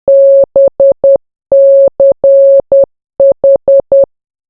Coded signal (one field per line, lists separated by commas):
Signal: Morse code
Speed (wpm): 10 wpm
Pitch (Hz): 550 Hz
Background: none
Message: BCH